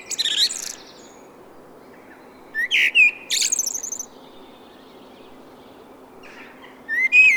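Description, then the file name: Common blackbird giving brief song fragments: high squeaky twitters and short whistled notes, broken by gaps of quiet background hiss. "Turdus merula"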